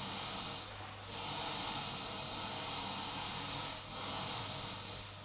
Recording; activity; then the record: daily activity, microphone in the room; vacuum cleaning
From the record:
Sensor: 1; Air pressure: 991.8 hPa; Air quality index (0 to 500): 184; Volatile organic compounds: 1000 ppm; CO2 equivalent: 7039 ppm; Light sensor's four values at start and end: 28/98/38/38 and 28/99/38/38